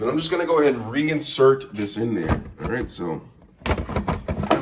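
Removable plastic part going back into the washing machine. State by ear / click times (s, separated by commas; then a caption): seated / 4.5 s. A removable plastic part of a Samsung washing machine is pushed back into the machine while someone talks. After a brief pause, a series of sharp knocks and clatters follows as it is worked into position, and it clicks back into place at 4.5 s, seated.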